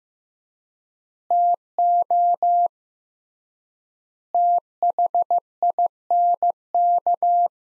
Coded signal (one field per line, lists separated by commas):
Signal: Morse code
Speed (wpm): 15 wpm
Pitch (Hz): 700 Hz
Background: none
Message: TO THINK